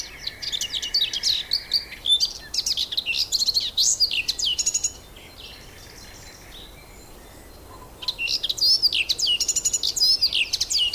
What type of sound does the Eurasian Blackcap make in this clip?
song